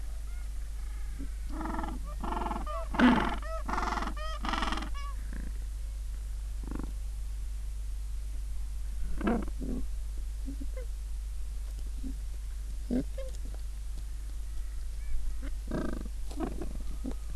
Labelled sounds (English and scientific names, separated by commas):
Gentoo Penguin (Pygoscelis papua)